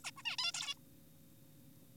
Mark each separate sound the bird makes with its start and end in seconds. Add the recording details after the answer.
0.04-0.11, 0.17-0.22, 0.25-0.36, 0.38-0.52, 0.54-0.74. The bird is an adult. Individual g4p5U